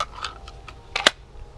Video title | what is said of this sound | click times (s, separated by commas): 3 Holster review: RK Leather, AG Holsters, and Bratta holsters | yeah this one's for a kydex retention is outstanding you hear that click just perfect | 1.1 s